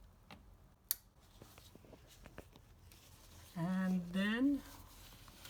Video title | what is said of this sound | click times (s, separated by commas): How to Replace 06-11 Honda Civic Headlight Bulb High Beam | it should snap into place | 0.9 s